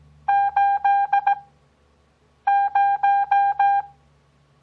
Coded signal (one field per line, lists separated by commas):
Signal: Morse code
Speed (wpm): 17 wpm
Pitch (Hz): 800 Hz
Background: none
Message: 80